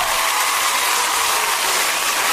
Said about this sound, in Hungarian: Milyen jó ez a taps